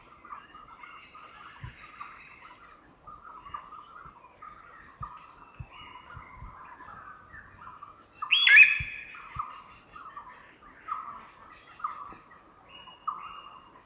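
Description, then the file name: Common hill myna calls: soft chattering mid-pitched notes run throughout, interrupted once by a loud, harsh squawk, with faint clicks beneath. Subspecies intermedia, recorded in Thailand. "Graculareligiosaintermedia TH"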